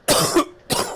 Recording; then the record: coughing mixed with background sound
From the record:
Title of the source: Coughing 79